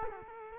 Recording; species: mosquito wingbeat signal from an infrared sensor; Culex quinquefasciatus